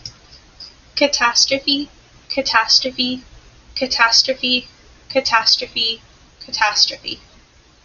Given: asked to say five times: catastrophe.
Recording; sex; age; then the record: repeated word; female; 20 to 29 years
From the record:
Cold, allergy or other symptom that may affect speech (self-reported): no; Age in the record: 23 years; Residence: Florida, United States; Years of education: 18